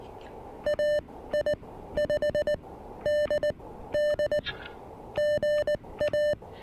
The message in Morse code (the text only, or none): AI5DD GA